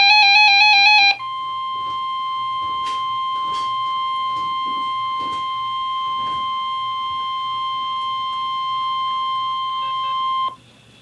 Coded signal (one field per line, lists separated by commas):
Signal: Emergency Alert System (SAME) tones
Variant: 1050 Hz attention tone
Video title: NOAA Weather Radio Severe Thunderstorm Warning (EAS #4)